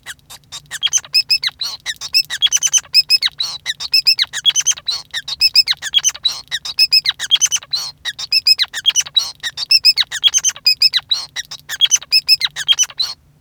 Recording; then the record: song of a male Bengalese finch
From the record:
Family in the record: son of father 5